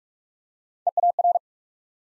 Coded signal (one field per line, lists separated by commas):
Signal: Morse code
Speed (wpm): 44 wpm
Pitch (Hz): 700 Hz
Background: none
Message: EAR